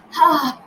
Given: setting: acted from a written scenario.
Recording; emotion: vocal sound without words; relief